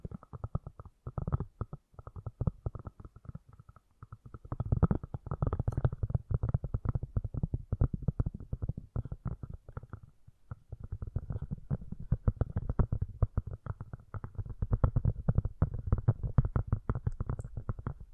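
Rapid, gentle tapping runs in dense, low, soft bursts, pausing briefly around two, four and ten seconds before resuming steadily.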